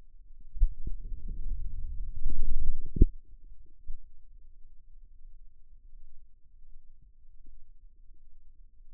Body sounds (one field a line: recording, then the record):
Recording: forearm muscle sounds (acoustic myography)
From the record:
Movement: wrist flexion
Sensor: system 2, bracelet of six BSWA MPA416 microphones around the upper forearm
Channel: 2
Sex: male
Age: 22 years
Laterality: right